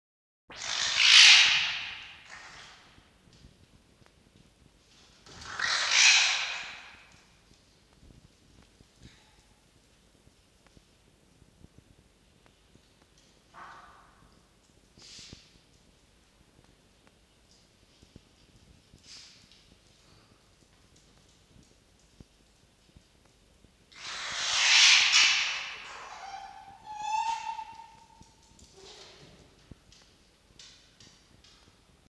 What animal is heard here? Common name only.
Red Fox